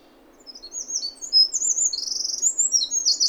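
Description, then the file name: Eurasian wren song, rapid high-pitched twittering and rolling trills that build in loudness and run without pause over a faint low hiss. "Troglodytes troglodytes"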